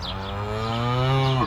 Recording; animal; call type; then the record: contact call of a hoofed animal; cattle; low-frequency (closed-mouth) or high-frequency (open-mouth) call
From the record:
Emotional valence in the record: negative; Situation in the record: full separation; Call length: 1.46 s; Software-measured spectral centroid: 1850 Hz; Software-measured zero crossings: 1830 a second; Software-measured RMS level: -24 dBFS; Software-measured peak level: -10 dBFS